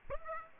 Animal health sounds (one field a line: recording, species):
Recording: mosquito wingbeat signal from an infrared sensor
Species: Aedes aegypti